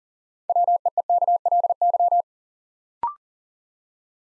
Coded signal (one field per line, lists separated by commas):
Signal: Morse code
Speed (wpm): 37 wpm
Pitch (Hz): 700 Hz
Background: none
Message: WEEKLY